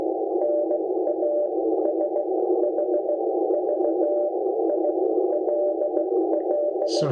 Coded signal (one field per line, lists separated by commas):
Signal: Morse code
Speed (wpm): 16 wpm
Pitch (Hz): 590 Hz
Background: radio noise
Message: NASHVILL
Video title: QRP Head 2 Head Episode 5: Xiegu G90 vs BG2FX FX-4CR